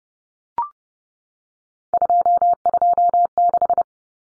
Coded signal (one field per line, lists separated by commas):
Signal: Morse code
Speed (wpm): 29 wpm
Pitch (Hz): 700 Hz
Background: none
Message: 226